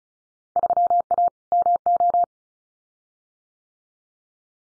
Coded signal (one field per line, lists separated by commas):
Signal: Morse code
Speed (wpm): 36 wpm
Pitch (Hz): 700 Hz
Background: none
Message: 3A MO